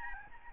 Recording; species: mosquito wingbeat signal from an infrared sensor; Aedes albopictus